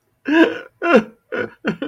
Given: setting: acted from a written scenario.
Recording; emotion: vocal sound without words; sadness